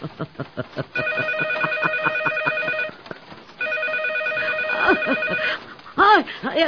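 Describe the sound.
A telephone rings twice in long, steady, high-pitched bursts with a short gap between them. A woman's voice speaks briefly at the start and again at the end.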